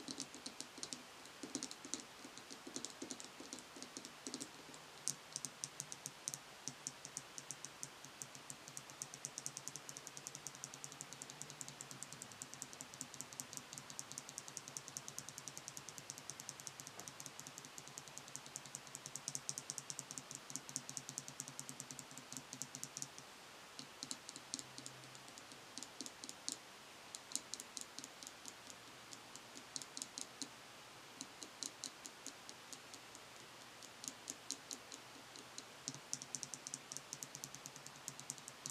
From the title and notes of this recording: In this episode I will be "unboxing" my beauty bag and tapping on each product.